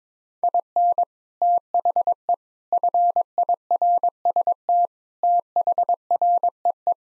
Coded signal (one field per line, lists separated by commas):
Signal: Morse code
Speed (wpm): 21 wpm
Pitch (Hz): 700 Hz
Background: none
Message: IN THE FIRST THREE